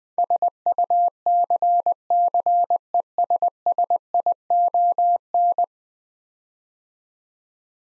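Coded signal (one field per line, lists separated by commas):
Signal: Morse code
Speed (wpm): 21 wpm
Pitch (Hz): 700 Hz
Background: none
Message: SUCCESSION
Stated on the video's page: Morse practice at 20 wpm: 10-letter words, sent twice for head-copy training.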